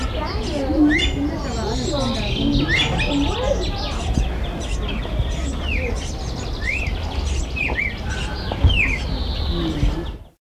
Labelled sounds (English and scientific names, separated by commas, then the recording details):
Red-cowled Cardinal (Paroaria dominicana)
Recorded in captivity
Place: Vogelpark Walsrode, Niedersachsen, DE
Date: 1985-06-18
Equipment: Halbspur, 9,5 cm/s
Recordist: Lütgens, Hans